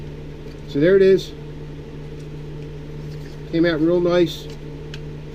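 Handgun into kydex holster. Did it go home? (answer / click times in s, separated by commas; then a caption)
yes / 4.9 s. A handgun is pushed into a kydex holster while someone talks over a steady low hum. The holster's retention gives a short, sharp click at 4.9 seconds as the handgun seats.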